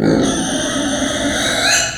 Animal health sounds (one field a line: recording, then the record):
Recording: squeal of a Yucatan mini pig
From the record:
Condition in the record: before surgery on the right vocal fold (resection and tissue-engineered implant)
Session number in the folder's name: 3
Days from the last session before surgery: 0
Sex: female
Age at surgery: 19 weeks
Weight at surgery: 25 kg